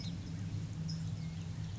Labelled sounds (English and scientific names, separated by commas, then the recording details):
California Towhee (Melozone crissalis)
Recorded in Sonoma County, California